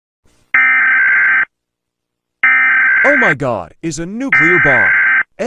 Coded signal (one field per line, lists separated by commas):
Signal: Emergency Alert System (SAME) tones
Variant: header bursts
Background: speech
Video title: Melon playground nuclear bomb eas #melon playgrond lon